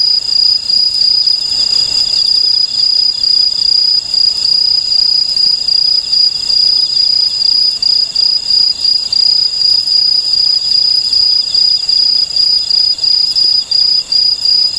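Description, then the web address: Aomatsumushi tree cricket producing a sustained shrill high-pitched trill, densely pulsed and nearly continuous throughout, with only occasional momentary gaps. "sikioto insect aomatsumushi"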